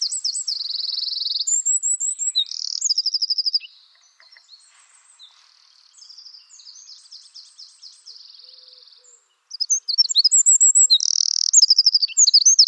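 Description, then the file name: Eurasian wren song in two loud bursts of shrill trills and tumbling notes, separated by a quieter stretch of softer, fainter twittering. "Troglodytes troglodytes"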